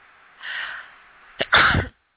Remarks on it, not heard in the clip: I didn't mean to sneeze in your ears here.